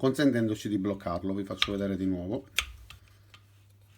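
Someone talks while pressing the spindle-lock button on a Parkside PWS 125 D3 angle grinder (1200 W, 125 mm disc, 220 V) and turning the disc by hand, so the lock can hold the spindle for tightening the flange nut. After the talking, a few light ticks sound near 2.9 s and 3.3 s, but nothing has seated or clicked yet.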